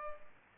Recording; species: mosquito wingbeat signal from an infrared sensor; Culex pipiens